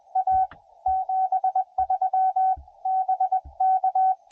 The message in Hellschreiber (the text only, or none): none